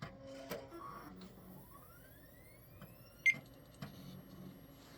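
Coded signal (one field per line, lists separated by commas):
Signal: beep code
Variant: PC POST beep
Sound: one short high beep amid quiet room clicks and low hum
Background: room clicks, low hum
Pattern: 1 short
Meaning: A single short POST beep means the self-test passed and the system is booting normally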